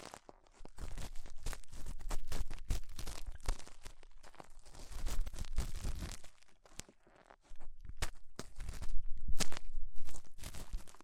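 Ear cleaning with rhinestone and clay removal: dense bursts of crackly, crunchy scraping and crinkling fill the clip, with quick irregular taps and rustles. Brief pauses near 7 seconds break the activity, which grows busiest again toward the end.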